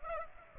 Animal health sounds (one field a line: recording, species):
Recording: mosquito wingbeat signal from an infrared sensor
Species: Aedes aegypti